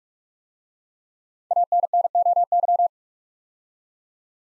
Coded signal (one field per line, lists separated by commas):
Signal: Morse code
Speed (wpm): 44 wpm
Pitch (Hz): 700 Hz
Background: none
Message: ANNOY